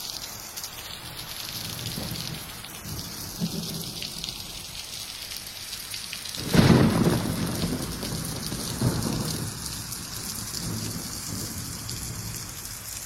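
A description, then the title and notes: Steady light rain hisses throughout while low thunder rumbles, swelling into a louder roll around six and a half seconds before fading slowly. Subtle rain and thunder atmosphere.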